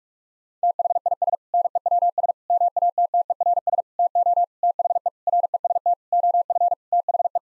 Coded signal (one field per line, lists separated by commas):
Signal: Morse code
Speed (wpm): 46 wpm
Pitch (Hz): 700 Hz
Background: none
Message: THIS NEWS MATTERS TO THE REST OF THE